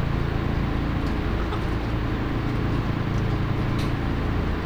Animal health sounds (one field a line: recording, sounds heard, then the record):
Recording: poultry house recording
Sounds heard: sick chickens (respiratory disease)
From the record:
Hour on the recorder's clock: 20